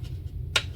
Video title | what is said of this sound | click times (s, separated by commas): Flipside 5 Wallet Detailed Review - The EDC Upgrade Your Pocket Needs | You heard it. It snapped in place and it comes right back out. | 0.6 s